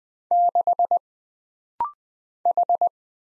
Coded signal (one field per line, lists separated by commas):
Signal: Morse code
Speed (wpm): 20 wpm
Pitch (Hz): 700 Hz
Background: none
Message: 6 H